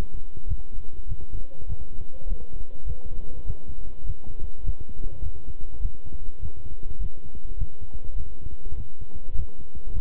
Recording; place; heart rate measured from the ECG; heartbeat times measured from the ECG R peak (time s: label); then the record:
heart sounds by stethoscope; between the tricuspid and mitral areas; 102 bpm
0.46 s: heartbeat
1.06 s: heartbeat
1.66 s: heartbeat
2.26 s: heartbeat
2.85 s: heartbeat
3.45 s: heartbeat
4.04 s: heartbeat
4.63 s: heartbeat
5.21 s: heartbeat
5.80 s: heartbeat
6.40 s: heartbeat
6.99 s: heartbeat
7.56 s: heartbeat
8.15 s: heartbeat
8.75 s: heartbeat
9.34 s: heartbeat
9.92 s: heartbeat
From the record:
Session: walking at 3.7 km/h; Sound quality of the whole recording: good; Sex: male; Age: 26 years